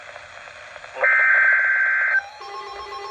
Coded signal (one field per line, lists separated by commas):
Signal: Emergency Alert System (SAME) tones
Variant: header bursts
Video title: EAS #161 Perfect? KXI42 Required Weekly Test 9/11/24.